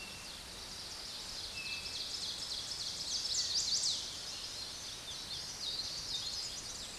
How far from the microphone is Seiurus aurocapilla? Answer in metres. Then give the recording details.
about 40 m. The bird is about 10 m above the microphone. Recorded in a Pennsylvania forest on 16 May 2024 at 06:08. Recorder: AudioMoth, point MSD-1849. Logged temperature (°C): 12.1 °C. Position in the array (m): 65 m, 10 m